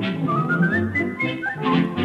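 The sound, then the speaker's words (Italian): A person whistles a bright, lilting melody, the clear tone gliding and stepping between notes over a low, steady musical accompaniment. “perciò amo il fischio, voglio fischiettare, vi farò imparare.”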